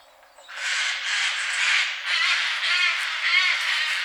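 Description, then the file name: Eurasian jay screeching: a run of harsh, hoarse, noisy calls strung together almost without pause for several seconds. "Garrulus glandarius"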